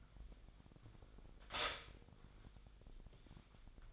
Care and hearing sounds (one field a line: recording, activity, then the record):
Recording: daily activity, microphone in the room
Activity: stop toaster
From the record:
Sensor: 5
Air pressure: 1002.1 hPa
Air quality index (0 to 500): 205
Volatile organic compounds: 19 ppm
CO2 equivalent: 2656 ppm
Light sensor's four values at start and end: 33/108/41/44 and 33/108/41/43